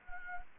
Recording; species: mosquito wingbeat signal from an infrared sensor; Anopheles gambiae